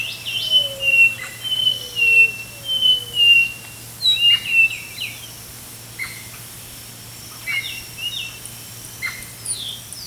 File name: White-eyed-Thrush-call Robert-L -Sutton